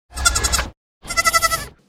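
Goat letting out a pair of shaky, vibrato bleats, each under a second long, with a clear gap of silence between them.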